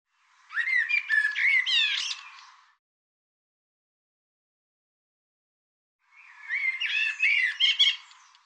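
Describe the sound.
Bird song: two phrases of rapid squeaky chatter and whistled notes, separated by a few seconds of silence.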